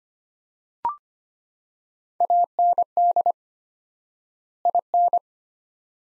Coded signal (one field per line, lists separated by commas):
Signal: Morse code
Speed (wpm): 25 wpm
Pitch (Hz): 700 Hz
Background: none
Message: AND IN